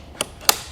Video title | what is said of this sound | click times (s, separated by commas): etrailer - Fit Check: Inno Gravity Ski and Snowboard Carrier on a 2023 Chevrolet Tahoe | as long as you hear a click like that you know it's secure | 0.5 s